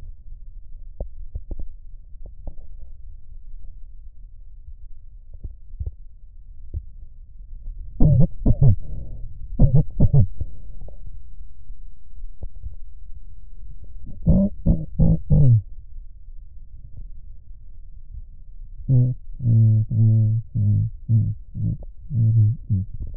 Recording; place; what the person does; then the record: lung sounds by stethoscope; right posterior apical chest; quiet breathing, then cough and speech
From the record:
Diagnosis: none (healthy); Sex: male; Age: 30 years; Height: 190 cm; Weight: 88 kg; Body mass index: 24.4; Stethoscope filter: extended mode